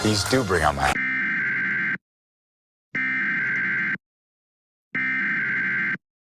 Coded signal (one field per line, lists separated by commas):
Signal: Emergency Alert System (SAME) tones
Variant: header bursts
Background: speech